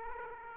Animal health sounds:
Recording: mosquito wingbeat signal from an infrared sensor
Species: Aedes aegypti

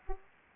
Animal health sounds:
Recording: mosquito wingbeat signal from an infrared sensor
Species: Anopheles arabiensis

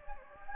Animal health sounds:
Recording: mosquito wingbeat signal from an infrared sensor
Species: Anopheles gambiae

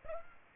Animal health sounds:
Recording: mosquito wingbeat signal from an infrared sensor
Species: Aedes aegypti

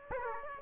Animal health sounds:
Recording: mosquito wingbeat signal from an infrared sensor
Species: Aedes aegypti

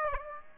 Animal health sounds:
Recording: mosquito wingbeat signal from an infrared sensor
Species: Aedes aegypti

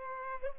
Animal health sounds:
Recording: mosquito wingbeat signal from an infrared sensor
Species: Culex pipiens

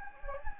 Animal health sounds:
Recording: mosquito wingbeat signal from an infrared sensor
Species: Anopheles gambiae

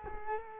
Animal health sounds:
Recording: mosquito wingbeat signal from an infrared sensor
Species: Culex quinquefasciatus

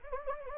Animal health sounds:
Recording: mosquito wingbeat signal from an infrared sensor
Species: Anopheles gambiae

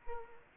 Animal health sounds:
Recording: mosquito wingbeat signal from an infrared sensor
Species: Culex quinquefasciatus

